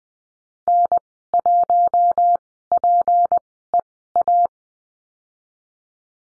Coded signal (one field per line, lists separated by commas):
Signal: Morse code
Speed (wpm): 20 wpm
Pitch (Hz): 700 Hz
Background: none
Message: N1PEA